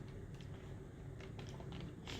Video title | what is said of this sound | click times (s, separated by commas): How to replace screen on hp 15 blue | it comes to here just be gentle and then you just hear a little clicks then that's it not too hard I mean | 0.4 s, 1.2 s, 1.4 s, 1.5 s, 1.8 s, 2.1 s